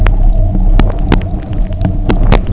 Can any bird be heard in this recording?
no